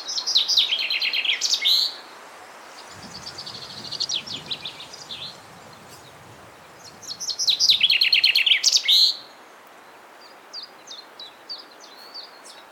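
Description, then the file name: Common chaffinch song: two bright rattling phrases that tumble down and end in a flourish, about seven seconds apart, with a fainter similar song between and scattered high notes at the end. "Fringilla coelebs"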